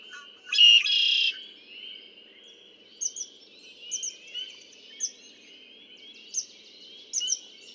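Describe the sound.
Red-winged blackbird song opens with a loud grating trill, followed by repeated short high chirps and a continuous shrill background drone.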